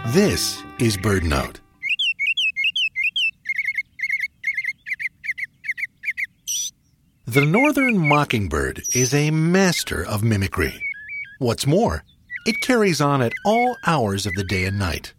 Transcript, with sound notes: This is BirdNote! [Song of just one Northern Mockingbird!] The Northern Mockingbird is a master of mimicry. What’s more, it carries on at all hours of the day and night.